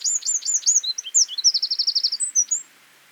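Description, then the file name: Eurasian wren song: a rapid burst of very high, sharp notes running into a fast trill, then a few final chips, all in under three seconds. "Troglodytes troglodytes"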